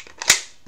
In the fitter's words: it doesn't just click right into place so